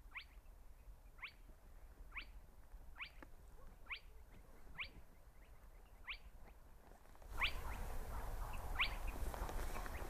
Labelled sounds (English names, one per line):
Spotted Crake